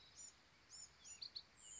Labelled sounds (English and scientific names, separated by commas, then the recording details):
Bewick's Wren (Thryomanes bewickii)
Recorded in Sonoma County, California